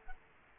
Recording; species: mosquito wingbeat signal from an infrared sensor; Culex quinquefasciatus